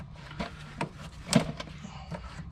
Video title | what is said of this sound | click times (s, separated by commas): Jeep Renegade - AVID 2” lift install | You'll hear an audible click. | 1.3 s